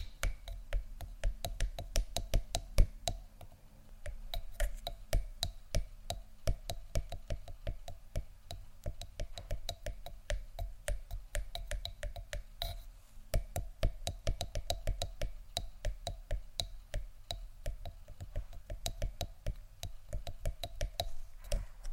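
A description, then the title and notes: Fingernails scratch and tap on textured surfaces in a fast, busy stream of crisp clicks that run throughout without pause. The sounds are bright, with a steady low hum beneath and a few sharper taps standing out near the start and middle. ASMR Scratch & Tap On Tingly Textures（No Talking）.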